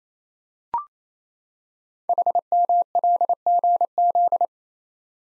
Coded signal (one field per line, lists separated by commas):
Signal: Morse code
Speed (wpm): 28 wpm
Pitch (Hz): 700 Hz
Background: none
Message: HMLGZ